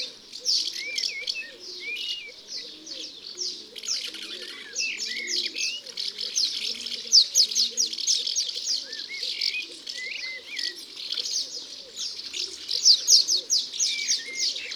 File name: Hirondelle de fenetre ABC des chants doiseaux